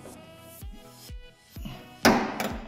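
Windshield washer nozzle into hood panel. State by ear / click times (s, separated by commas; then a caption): seated / 2.0 s. A plastic windshield washer spray nozzle on a Volkswagen Sportvan is pushed into its hole in the hood panel, with a few low handling bumps before a sharp click at 2.1 s as its retaining hook catches, followed by a softer tap at 2.4 s. The nozzle snaps quickly into place and is seated in the hood.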